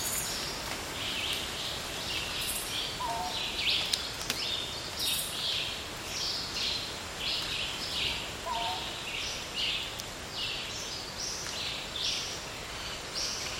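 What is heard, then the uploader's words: Birds call in a dry jungle, with dense, bright chirping and buzzing insects forming a steady high layer throughout. A clear, lower whistled note stands out twice, around three and eight seconds, over a constant soft background hiss. Dry Jungle Nosara. A rufous-and-white wren with his beautiful call, long tailed manakins with others in a dry jungle. Habitat: dry jungle VoxType: midday. Recorder: SD 702 Mics: Sennheiser mkh 40/30. Microphone pattern: MS stereo.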